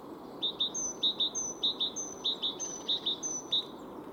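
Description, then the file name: Great tit song: crisp two-note phrases repeated steadily with a thin high accompanying note, against a low hiss. "Parus major"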